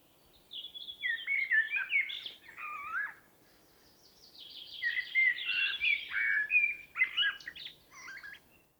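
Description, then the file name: Common blackbird singing two mellow, fluting phrases that slide up and down, with squeaky high twitters mixed in and a brief silent gap between them. "Turdus merula"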